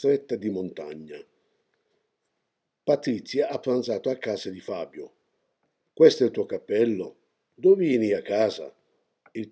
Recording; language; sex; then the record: read phrases; Italian; male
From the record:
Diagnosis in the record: healthy control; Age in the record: 68 years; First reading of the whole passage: 59 s, 8.7 characters per second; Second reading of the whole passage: 51 s, 9.9 characters per second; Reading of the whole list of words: 42 s, 6.7 characters per second